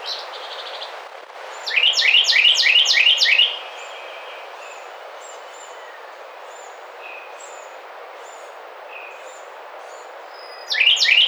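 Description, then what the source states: Carolina wren song: a fast series of several loud repeated phrases, then a few quieter chirps, with another burst of phrases starting at the end. Recorded 2009-05-27.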